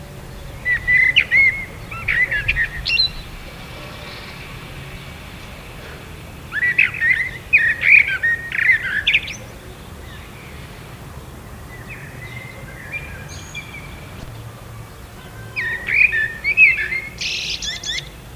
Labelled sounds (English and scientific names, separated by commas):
Common Blackbird (Turdus merula) song